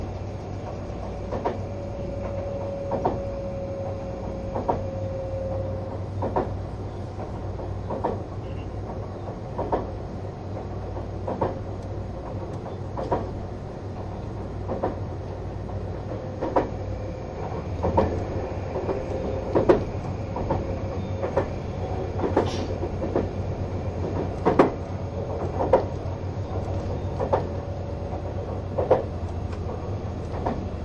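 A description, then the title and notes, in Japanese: Inside a quiet first-class train car, a steady low engine rumble runs throughout, with a faint motor whine holding a thin tone that comes and goes. Sharp rail clicks recur every second or two, growing more frequent and louder after about sixteen seconds. HC85系 ひだ01号(グリーン車) 01/01:名古屋～高山。ハイブリッド方式としては日本最速となる120km/h運転を行うHC85系です。グリーン車の静粛な空間ながらエンジン音とモーター音のバランスが抜群で。列車走行音。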